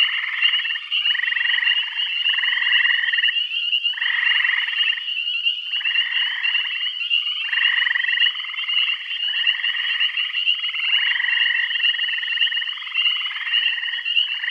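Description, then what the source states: Dense chorus of frogs giving buzzy, pulsed trills that overlap almost continuously, each lasting roughly a second, with a constant high whine underneath. Bath County.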